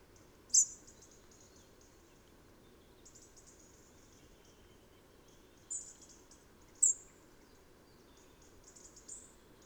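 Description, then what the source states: Bird giving high, thin tsi calls, a few sharp notes spaced throughout among faint high twittering, over a low, steady noise floor. Tsi calls at dawn.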